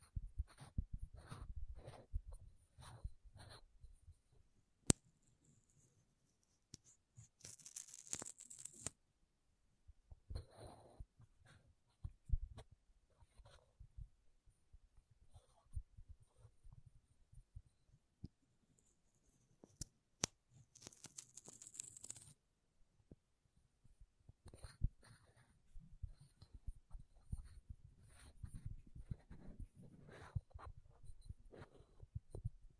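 Makeup items are tapped and scratched in uneven bursts, with soft low knocks and dry scraping clustered at the start and again after about 24 seconds. Two brief, bright hissing sweeps come near 8 and 21 seconds, and short quiet gaps fall between the handling sounds.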